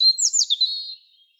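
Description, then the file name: European robin giving one brief, high, tinkling phrase that slides downward and trails off, in an otherwise silent background. "Erithacus rubecula"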